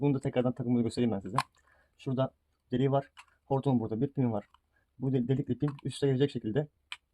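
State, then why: Not seated. A cleaning head attachment is being lined up on the hose of a Kiwi KCC4317 carpet and upholstery washer, with the hole in the head matched to the pin on the hose. Someone talks throughout, with a brief faint handling sound near 1.7 s and a short sharp tick at 6.9 s. Nothing has seated or clicked yet.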